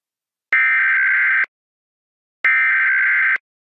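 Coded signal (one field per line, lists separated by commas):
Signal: Emergency Alert System (SAME) tones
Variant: header bursts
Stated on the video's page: Fictional EAS scenario, a National Alert.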